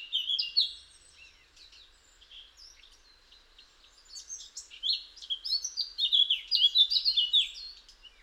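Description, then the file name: Eurasian blackcap song: a short burst of warbling notes, a few seconds of near silence, then a longer scratchy warbled phrase. "Sylvia atricapilla"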